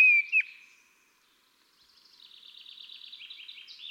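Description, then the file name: Common blackbird giving a loud fluted whistle with a sharp dip, then a pause and a faint, fast, high twittering run. "Turdus merula"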